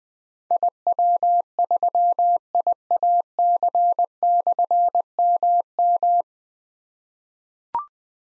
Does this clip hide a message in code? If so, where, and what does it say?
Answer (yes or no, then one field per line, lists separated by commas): yes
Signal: Morse code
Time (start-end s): 0.5-6.2 s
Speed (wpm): 20 wpm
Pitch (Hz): 700 Hz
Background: none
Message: IW3IAC/MM